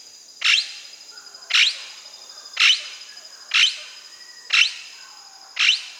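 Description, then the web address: Blue-headed Parrot calling: six harsh shrieks repeated about once a second, with a constant high insect hum underneath. Recorded in South America. "Natures Songs S America Blue-headed Parrot"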